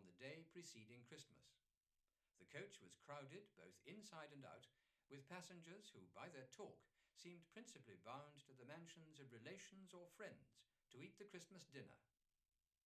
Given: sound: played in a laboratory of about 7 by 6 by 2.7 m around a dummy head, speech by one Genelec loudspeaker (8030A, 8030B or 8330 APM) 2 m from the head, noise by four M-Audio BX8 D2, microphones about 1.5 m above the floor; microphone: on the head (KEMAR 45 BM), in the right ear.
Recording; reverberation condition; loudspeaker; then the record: male speech in English; low; 90 degrees to the right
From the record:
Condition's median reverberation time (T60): about 310 ms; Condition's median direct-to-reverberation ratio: about 3.5 dB